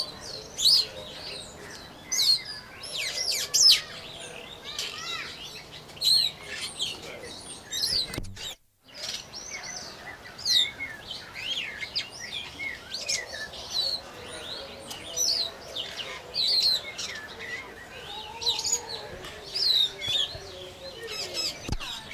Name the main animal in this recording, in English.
Daurian Starling